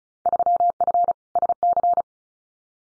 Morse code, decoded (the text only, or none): 3F SC